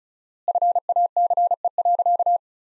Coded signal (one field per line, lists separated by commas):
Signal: Morse code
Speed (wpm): 36 wpm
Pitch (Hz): 700 Hz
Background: none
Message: FACE.